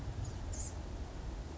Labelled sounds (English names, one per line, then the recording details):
Blue-gray Gnatcatcher
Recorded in Sonoma County, California